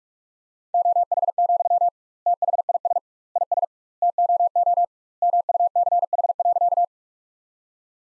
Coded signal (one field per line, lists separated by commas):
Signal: Morse code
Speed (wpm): 41 wpm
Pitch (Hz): 700 Hz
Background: none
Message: OH, THIS IS TOO MUCH.